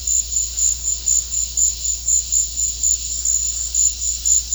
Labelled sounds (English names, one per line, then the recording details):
none
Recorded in secondary vegetation near Puerto Asís, Putumayo, Colombia, on 13 March 2025 at 16:00
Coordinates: 0.484, -76.319
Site G010